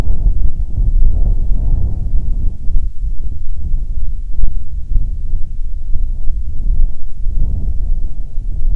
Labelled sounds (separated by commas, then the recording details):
wind
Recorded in the Prudhoe Bay oil fields, Alaska, on 7 August 2019 at 14:48
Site 17